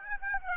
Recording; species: mosquito wingbeat signal from an infrared sensor; Aedes aegypti